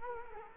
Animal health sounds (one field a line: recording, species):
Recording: mosquito wingbeat signal from an infrared sensor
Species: Culex quinquefasciatus